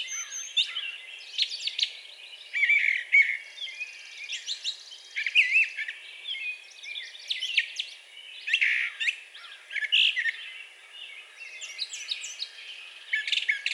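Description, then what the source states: Brown thrasher song: a long run of varied chirps, trills and buzzy notes, phrases following one another with brief gaps. Recorded on 4 June 2020.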